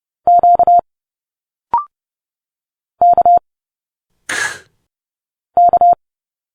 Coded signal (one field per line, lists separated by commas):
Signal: Morse code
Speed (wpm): 30 wpm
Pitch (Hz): 700 Hz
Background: none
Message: Q K K